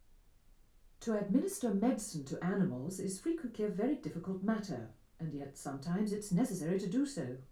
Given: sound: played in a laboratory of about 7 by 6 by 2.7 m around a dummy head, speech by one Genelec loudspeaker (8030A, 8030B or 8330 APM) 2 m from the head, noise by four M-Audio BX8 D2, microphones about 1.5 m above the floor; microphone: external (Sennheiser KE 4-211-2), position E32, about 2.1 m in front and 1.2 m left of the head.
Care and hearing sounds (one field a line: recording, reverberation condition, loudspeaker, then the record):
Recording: female speech in English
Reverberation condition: low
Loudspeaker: 90 degrees to the left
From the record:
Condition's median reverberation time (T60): about 310 ms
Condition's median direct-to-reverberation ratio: about 3.5 dB